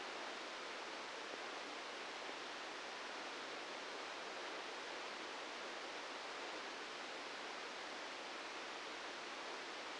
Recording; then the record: brain microelectrode recording played as sound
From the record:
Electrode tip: inside the subthalamic nucleus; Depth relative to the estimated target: 0 mm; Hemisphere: left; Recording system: NeuroSet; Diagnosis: Parkinson's disease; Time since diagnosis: 13 years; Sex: male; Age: 65 years